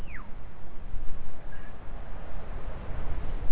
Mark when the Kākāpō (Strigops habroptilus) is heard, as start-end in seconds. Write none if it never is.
none